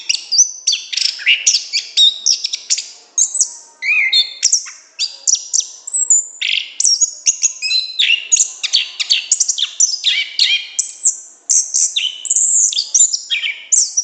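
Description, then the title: Orange-headed thrush delivering a long, continuous song of rapid chirps, sweeping whistles and scratchy notes in constant variation. Song in the gacor ngeplong style, continuous, open and full-voiced, described as excellent. "Anis Kembang Gacor Ngeplong Istimewa Suara Burung"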